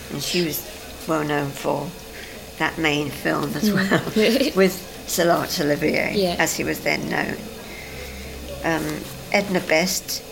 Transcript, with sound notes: And she was well known for that main film as well. [laughs] With Sir Laurence Olivier.
Yes.
As he was then known. Erm, Edna Best.